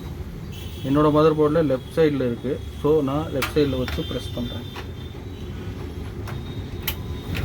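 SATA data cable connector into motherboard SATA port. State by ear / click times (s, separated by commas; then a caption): seated / 6.9 s. A SATA data cable connector, its L-shaped key lined up with the matching L-shaped SATA port on the left side of a motherboard, is pressed into the port while someone talks over a low background hum. A sharp click at 6.9 s marks the connector locking into the port, seated.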